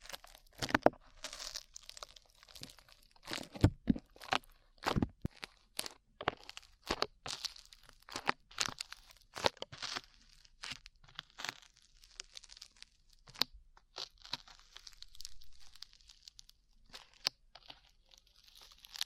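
Slime being squished and pulled, with rapid sticky crackles and pops that come in dense, irregular bursts throughout. Sharp clicks stand out now and then, and a softer, brighter crinkling hiss fills the stretches between them, especially in the second half.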